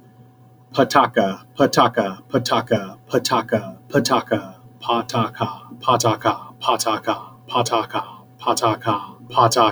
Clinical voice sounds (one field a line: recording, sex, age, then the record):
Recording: repeated syllables /pa ta ka/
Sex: male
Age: 20 to 29 years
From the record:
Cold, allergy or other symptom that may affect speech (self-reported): no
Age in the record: 28 years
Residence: Washington, United States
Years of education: 15